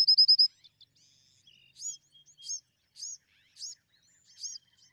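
Bewick's wren song: a quick burst of high notes, then sharp arched chirps, well spaced, each clear and high-pitched against a quiet background.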